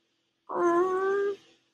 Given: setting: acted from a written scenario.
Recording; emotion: vocal sound without words; sympathy